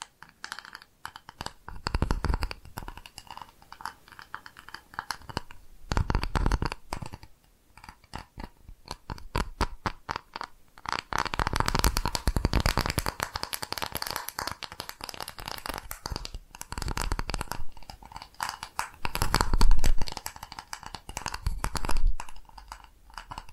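ASMR tapping triggers: quick, dense runs of crisp taps and scratchy, crunchy textures fill nearly the whole stretch, coming in bursts with brief lulls around two, six and ten seconds. The sharp clicks rise loudest near the twenty-second mark before thinning out.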